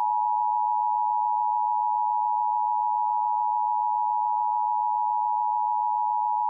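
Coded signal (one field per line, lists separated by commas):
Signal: Emergency Alert System (SAME) tones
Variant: 853 and 960 Hz attention tone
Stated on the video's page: Pennsylvania Required Monthly Test SAME tones, plus a Coastal Flood Warning.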